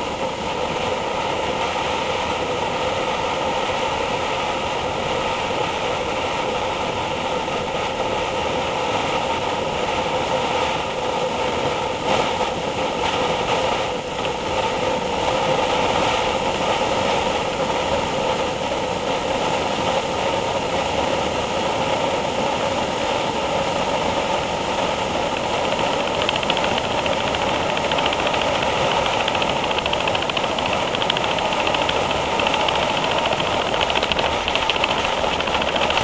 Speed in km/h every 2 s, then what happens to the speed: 79, 77, 79, 79, 77, 77, 77, 77, 79, 84, 81, 87, 90, 90, 85, 85, 84, 84.
0-15 steady at about 77. 15-25 speeds up to 90. 30-36 steady at about 84.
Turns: none.